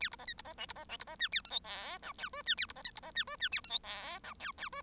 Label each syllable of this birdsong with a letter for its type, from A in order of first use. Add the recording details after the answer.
A B C D B C E B C E B C F A G H I J K L F A B C D B C F L F A G H I J K K L. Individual Bird1